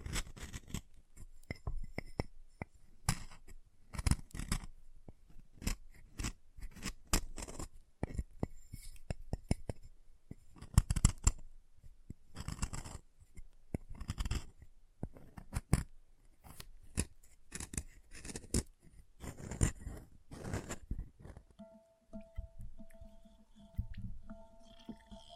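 Chalk being carved and cut in dense bursts of sharp scraping and snipping strokes, then a steady low tone with a faint whine near the end.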